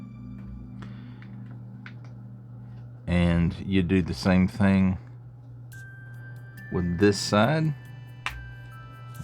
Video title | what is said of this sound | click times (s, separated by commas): Archangel (X-Men '97) -- A Marvel Legends Series Review | And I don't know if y'all heard that satisfying snap, | 8.3 s